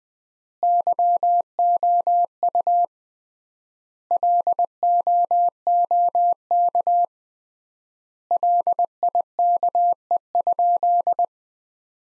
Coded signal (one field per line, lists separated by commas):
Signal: Morse code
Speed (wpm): 19 wpm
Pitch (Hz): 700 Hz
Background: none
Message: YOU LOOK LIKE?